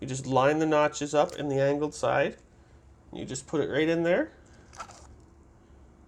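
Someone talks while lining up the notches of an angled battery-pack plug and pushing it into the socket of a VTech cordless phone handset. Only faint, brief handling taps follow around 4.8 s. The connector is tight and has not clicked or seated yet on this push.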